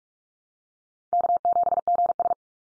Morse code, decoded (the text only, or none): K7GS